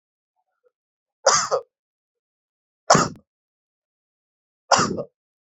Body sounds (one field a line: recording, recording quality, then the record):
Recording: heavy voluntary cough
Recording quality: excellent, no background noise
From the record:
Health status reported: healthy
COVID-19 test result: negative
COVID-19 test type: RT-PCR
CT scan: not taken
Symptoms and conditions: cold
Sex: male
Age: 29 years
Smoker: no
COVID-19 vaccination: one dose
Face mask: not worn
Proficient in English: yes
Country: India